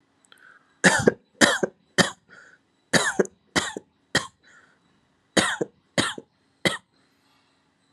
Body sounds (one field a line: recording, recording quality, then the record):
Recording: heavy voluntary cough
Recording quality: excellent, no background noise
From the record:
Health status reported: COVID-19 positive, mild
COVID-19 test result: positive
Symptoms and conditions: sore throat, fever, fatigue, muscle pain, loss of smell and taste, diarrhoea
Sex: male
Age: 35 years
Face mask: not worn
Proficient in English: yes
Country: India